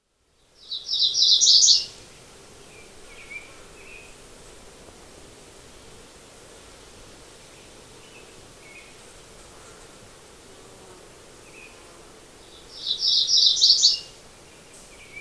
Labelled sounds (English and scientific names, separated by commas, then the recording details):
MacGillivray's Warbler (Geothlypis tolmiei) song
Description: MacGillivray's Warbler song recorded on the Gem Lake Trail in Rocky Mountain National Park
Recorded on 22 June 2015